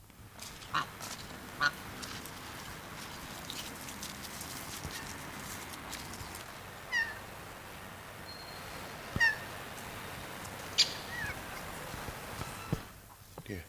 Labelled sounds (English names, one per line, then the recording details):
Cape Barren Goose call
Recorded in captivity
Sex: pair
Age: adult
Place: Zoo Rostock, Mecklenburg-Vorpommern, DE
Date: 1984-02-02 14:30
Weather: overcast, 2°C
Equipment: Nagra SN, Kopie Uher 4000 Report Monitor
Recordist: Tembrock, Günter